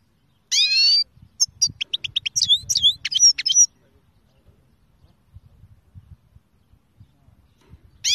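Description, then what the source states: Finch singing a high, varied phrase of sharp chirps and down-slurred notes lasting about three seconds, followed by quiet, then a new phrase starting. Song described as original Kermani style.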